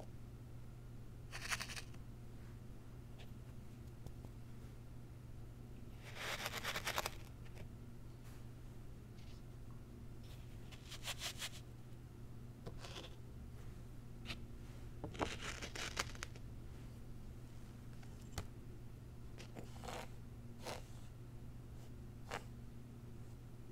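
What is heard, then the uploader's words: Unboxing a zen garden: short bursts of rustling and scraping come every few seconds, the longest near 6 and 15 seconds, with quick clicks in between. A steady low hum runs underneath the whole time. ASMR Icnbuys Zen Garden Unboxing No Talking.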